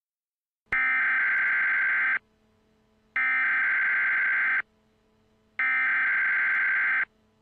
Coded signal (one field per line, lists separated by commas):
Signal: Emergency Alert System (SAME) tones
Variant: header bursts